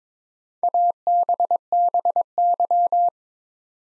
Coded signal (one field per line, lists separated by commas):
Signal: Morse code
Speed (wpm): 22 wpm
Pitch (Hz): 700 Hz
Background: none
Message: ABBY